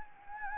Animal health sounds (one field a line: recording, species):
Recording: mosquito wingbeat signal from an infrared sensor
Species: Anopheles gambiae